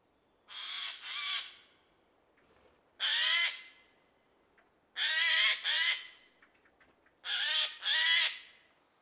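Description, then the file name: Eurasian jay giving loud, hoarse screeches in bursts of one or two, repeated about every two seconds with quiet gaps between. "geai des chenes"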